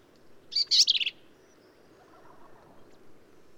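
Black-capped vireo with a single short phrase of high, slurred and scratchy notes, followed by quiet background.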